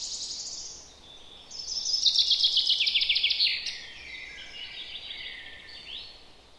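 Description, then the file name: Common chaffinch song: a loud rattling trill of rapid repeated notes lasting about two seconds, with softer high notes before and after. "Fringilla coelebs"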